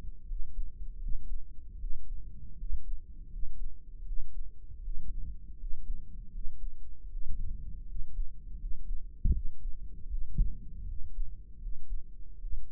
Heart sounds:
heart sounds by microphone in the right ear; 79 bpm
0.23 s: heartbeat
0.96 s: heartbeat
1.75 s: heartbeat
2.53 s: heartbeat
3.26 s: heartbeat
4.01 s: heartbeat
4.78 s: heartbeat
5.54 s: heartbeat
6.28 s: heartbeat
7.05 s: heartbeat
7.82 s: heartbeat
8.54 s: heartbeat
9.29 s: heartbeat
10.04 s: heartbeat
10.82 s: heartbeat
11.55 s: heartbeat
12.35 s: heartbeat
From the record:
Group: healthy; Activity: rest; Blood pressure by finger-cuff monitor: 96/75 mmHg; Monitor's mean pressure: 79 mmHg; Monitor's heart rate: 80 bpm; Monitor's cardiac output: 5.3 L/min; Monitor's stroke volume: 66 mL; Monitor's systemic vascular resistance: 1070 dyn s/cm5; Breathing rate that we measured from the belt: 22 breaths a minute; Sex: male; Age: 20 years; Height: 187 cm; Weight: 68.9 kg

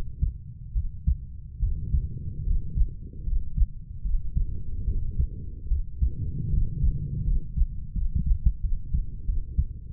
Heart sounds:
heart sounds by stethoscope; 77 bpm
0.73 s: heartbeat
1.60 s: heartbeat
2.44 s: heartbeat
3.24 s: heartbeat
4.03 s: heartbeat
4.85 s: heartbeat
5.68 s: heartbeat
6.50 s: heartbeat
7.25 s: heartbeat
7.94 s: heartbeat
8.61 s: heartbeat
9.26 s: heartbeat
From the record:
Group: healthy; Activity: rest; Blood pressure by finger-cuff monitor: 116/42 mmHg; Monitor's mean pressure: 66 mmHg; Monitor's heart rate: 73 bpm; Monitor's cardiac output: 9.7 L/min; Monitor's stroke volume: 132 mL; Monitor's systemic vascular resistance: 500 dyn s/cm5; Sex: female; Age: 32 years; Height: 168 cm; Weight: 61.9 kg

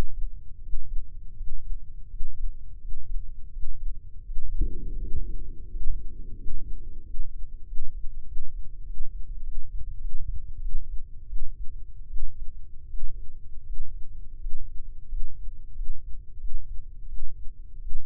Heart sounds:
heart sounds by microphone in the left ear; 87 bpm
0.60 s: heartbeat
1.33 s: heartbeat
2.07 s: heartbeat
2.78 s: heartbeat
3.49 s: heartbeat
4.23 s: heartbeat
4.96 s: heartbeat
5.67 s: heartbeat
6.35 s: heartbeat
7.01 s: heartbeat
7.63 s: heartbeat
8.23 s: heartbeat
8.82 s: heartbeat
9.40 s: heartbeat
9.97 s: heartbeat
10.58 s: heartbeat
11.25 s: heartbeat
12.06 s: heartbeat
12.86 s: heartbeat
13.62 s: heartbeat
14.37 s: heartbeat
15.06 s: heartbeat
15.72 s: heartbeat
16.36 s: heartbeat
17.05 s: heartbeat
17.78 s: heartbeat
From the record:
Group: healthy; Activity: breath hold 0-4 s, rest 4-18 s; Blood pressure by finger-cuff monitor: 126/90 mmHg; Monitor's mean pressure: 101 mmHg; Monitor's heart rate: 87 bpm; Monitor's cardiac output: 5.9 L/min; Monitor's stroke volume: 69 mL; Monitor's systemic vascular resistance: 1230 dyn s/cm5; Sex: male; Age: 21 years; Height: 180 cm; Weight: 67.5 kg

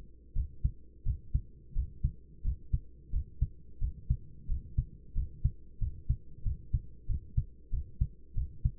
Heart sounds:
heart sounds by stethoscope; 90 bpm
0.35 s: heartbeat
1.05 s: heartbeat
1.74 s: heartbeat
2.43 s: heartbeat
3.11 s: heartbeat
3.80 s: heartbeat
4.48 s: heartbeat
5.14 s: heartbeat
5.79 s: heartbeat
6.44 s: heartbeat
7.07 s: heartbeat
7.71 s: heartbeat
8.35 s: heartbeat
From the record:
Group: healthy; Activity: rest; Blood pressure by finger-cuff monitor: 117/62 mmHg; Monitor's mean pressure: 80 mmHg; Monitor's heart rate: 93 bpm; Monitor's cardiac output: 9.9 L/min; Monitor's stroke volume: 109 mL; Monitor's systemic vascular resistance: 590 dyn s/cm5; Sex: male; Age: 24 years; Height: 184 cm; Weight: 89 kg

